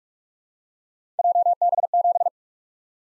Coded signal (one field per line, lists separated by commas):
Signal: Morse code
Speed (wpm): 44 wpm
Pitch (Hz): 700 Hz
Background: none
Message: JB7